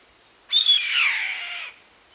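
Bird with a single loud, rasping screech lasting just over a second, sliding slightly downward before it cuts off.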